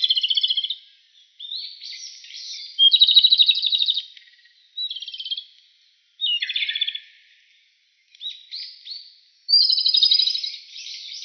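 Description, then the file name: Japanese robin song, short bursts of fast rattling trills and high whistled notes, separated by brief silences, each phrase varying in pitch. Recorded 11 April 2018. "komadori 180411"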